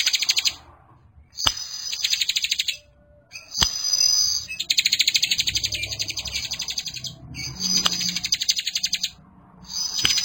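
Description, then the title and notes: Bar-winged prinia song of rapid buzzy trills, some bursts lasting over two seconds, broken by short silences and punctuated by sharp clicks. Several birds including young ones, singing persistently (described as 'gacor'). "Kicau Ciblek. putri sherin. suara burung ciblek gacor dan anakan"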